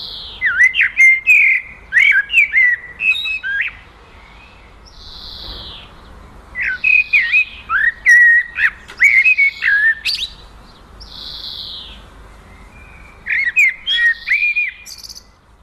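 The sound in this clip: Common blackbird song in three bursts, each of rich warbled whistles ending in high squeaky twitters, separated by pauses of a few seconds.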